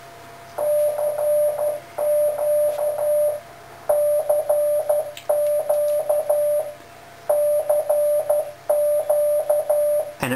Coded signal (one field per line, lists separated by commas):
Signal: Morse code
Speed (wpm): 12 wpm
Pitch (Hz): 590 Hz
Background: none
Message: CQ CQ CQ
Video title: Arduino for amateur radio: experiments with the Freetronics KitTen compatible microcontroller